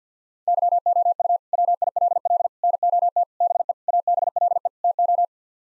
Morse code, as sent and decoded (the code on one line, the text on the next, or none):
-.-- --- ..- / .-- .. .-.. .-.. / -. --- - / -... . / .- -... .-.. . / - ---
YOU WILL NOT BE ABLE TO